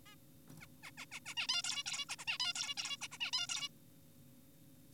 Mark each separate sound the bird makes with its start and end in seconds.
0.06-0.16, 0.60-0.66, 0.83-0.91, 0.98-1.06, 1.12-1.20, 1.26-1.34, 1.37-1.47, 1.49-1.62, 1.64-1.83, 1.86-2.05, 2.09-2.16, 2.19-2.25, 2.28-2.38, 2.40-2.53, 2.56-2.74, 2.78-2.96, 3.02-3.08, 3.12-3.18, 3.20-3.31, 3.33-3.47, 3.49-3.68